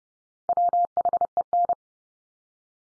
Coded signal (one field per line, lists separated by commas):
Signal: Morse code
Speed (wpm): 30 wpm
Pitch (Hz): 700 Hz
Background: none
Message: WHEN